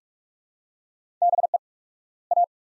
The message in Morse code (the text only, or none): BE A